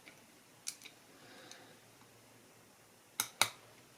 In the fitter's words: was a satisfying click